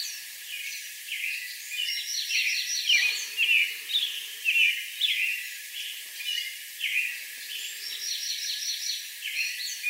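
Bird chirps: bright high twittering notes in quick repeated bursts.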